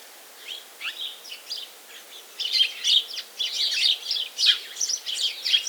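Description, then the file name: House sparrow chirps, sparse and soft at first, then building after two seconds into a lively flurry of quick, bright, overlapping notes. "Passer domesticus"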